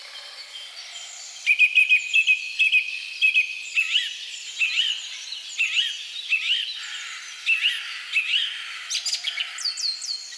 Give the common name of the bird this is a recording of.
Song Thrush